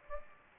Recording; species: mosquito wingbeat signal from an infrared sensor; Anopheles gambiae